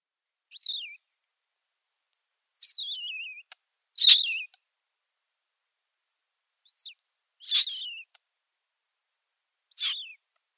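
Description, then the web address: Eurasian magpie nestlings uttering repeated high, harmonic, downward-sliding squeals, several calls spread irregularly with quiet gaps between them. "Schulze Peter Eurasian Magpie nestlings"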